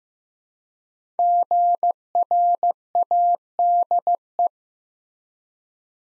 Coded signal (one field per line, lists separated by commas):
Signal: Morse code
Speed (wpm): 15 wpm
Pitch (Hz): 700 Hz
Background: none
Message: GRADE